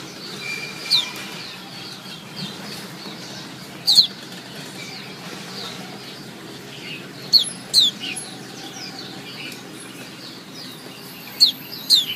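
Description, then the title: White-eye chirps: short, high, thin downslurred notes at irregular intervals, some in close pairs, over a faint background hiss. Female white-eye; its chirping is played as therapy to get silent white-eyes to sing. "Suara Kicau Pleci Betina Terapi Pleci Mbisu"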